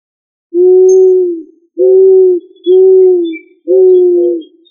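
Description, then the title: Pigeon coos: a series of four low, hollow notes of even pitch, spaced roughly a second apart. "Familia ColumbidaePomba"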